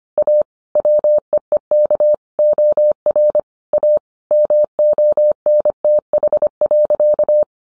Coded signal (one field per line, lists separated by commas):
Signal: Morse code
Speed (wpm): 25 wpm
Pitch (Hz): 600 Hz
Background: none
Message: A WEEK OR A MONTH.